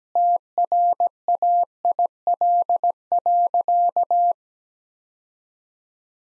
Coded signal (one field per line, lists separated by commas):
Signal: Morse code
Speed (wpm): 17 wpm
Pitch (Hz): 700 Hz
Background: none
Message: TRAIL.